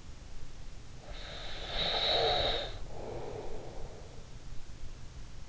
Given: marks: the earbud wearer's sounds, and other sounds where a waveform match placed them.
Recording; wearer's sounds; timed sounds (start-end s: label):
sounds in sleep by an in-ear microphone; snoring breath
1.00-4.22 s: snoring breath